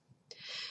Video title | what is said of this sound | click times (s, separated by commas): Dexcom G5 — Training Webinar — How To Insert Your Sensor | just press down on that side of the transmitter and that will click it into place | 0.3 s